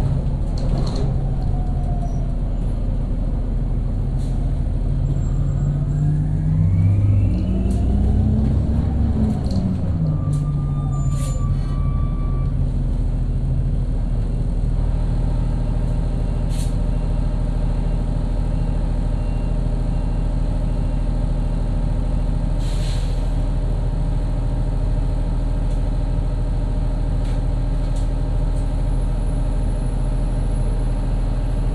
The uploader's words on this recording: B103 Bus with Bad Struts. Recorded by Dan Bodah in Brooklyn.